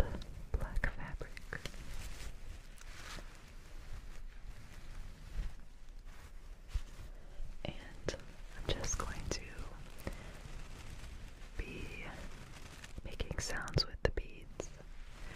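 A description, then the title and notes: Headphone tapping and massage rollers: a busy, irregular stream of sharp taps and knocks, clustered more thickly at times, over a soft low rumble. Around eight, twelve and thirteen seconds, short gliding squeaks rise and fall as the rollers move. Headphone Tapping & Massage Rollers.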